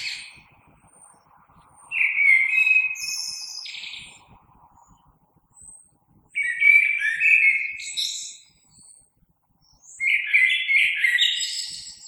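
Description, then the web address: Common blackbird song: three melodious fluted phrases, each tailed by high scratchy twitters, with quiet gaps between. Recorded 3 March 2020. "oiseaux Merle 2020 03 03"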